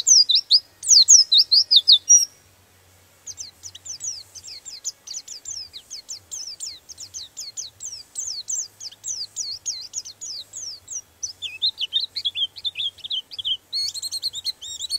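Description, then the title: Bird song: rapid high chirps and downslurred whistled notes in dense bursts, a brief pause after two seconds, then a long twittering run with lower warbled phrases near the end. Master recording used for training songbirds. "Master Burung Jos"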